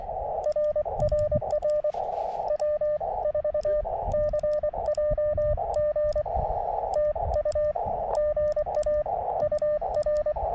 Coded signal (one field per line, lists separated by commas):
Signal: Morse code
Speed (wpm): 24 wpm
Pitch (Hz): 1800 Hz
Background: radio noise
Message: RRR W4CJG TU GA UR